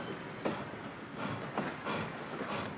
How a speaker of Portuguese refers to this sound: Parem o trem! Parem o trem!